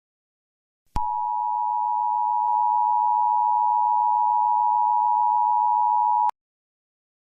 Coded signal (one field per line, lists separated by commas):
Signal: Emergency Alert System (SAME) tones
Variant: 853 and 960 Hz attention tone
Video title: EAS Scenario 7 - GMAN’s Terror!